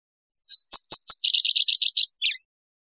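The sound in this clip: Abert's towhee calling with several piercing chips that break into a quick, harsh trilled rattle, then a final squeaky descending note; no other sounds.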